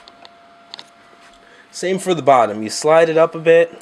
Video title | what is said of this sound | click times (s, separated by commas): Toy Review - Max Factory "Max Gokin" Dragonar 1 | and then you slide them in and they actually lock into place | 0.7 s